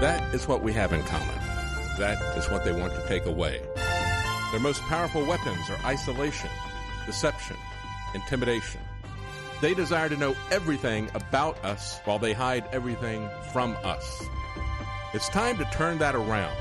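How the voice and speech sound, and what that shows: A man speaks fluently in a steady, emphatic announcer style over a music bed; his speech is normal.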